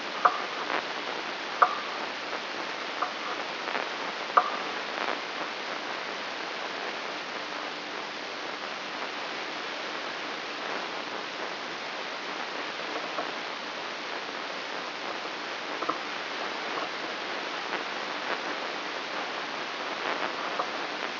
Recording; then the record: brain microelectrode recording played as sound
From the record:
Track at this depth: outside the subthalamic nucleus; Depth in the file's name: 7.26 mm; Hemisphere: left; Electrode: 3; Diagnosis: Parkinson's disease